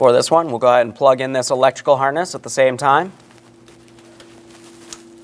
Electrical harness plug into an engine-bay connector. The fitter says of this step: Press it in, listen for a click.